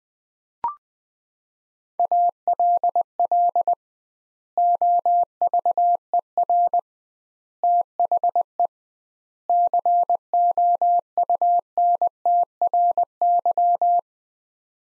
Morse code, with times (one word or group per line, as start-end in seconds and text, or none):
2.0-3.7 ALL
4.6-6.8 OVER
7.6-8.7 THE
9.5-14.0 COUNTRY